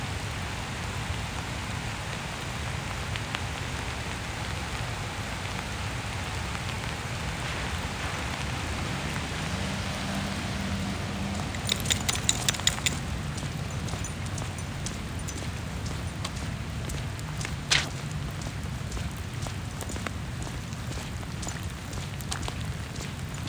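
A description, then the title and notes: Steady rain falls across a neighborhood street, a dense hiss with a low rumble beneath it. From about twelve seconds, sharp clicks and taps cluster, with another crisp tap near eighteen seconds, while the rain keeps an even wash throughout. Walking the dog in the rain in Phoenix Arizona. This morning was particularly wet as the dog and I went out for her morning stroll around the neighborhood. The rain was pretty loud in the street and landing on the leaves of trees. The repetitive sounds of us walking on the side-walks in our neighborhood in Central Phoenix.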